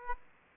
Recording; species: mosquito wingbeat signal from an infrared sensor; Aedes aegypti